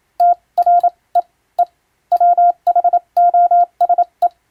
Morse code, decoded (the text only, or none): TREE WHOSE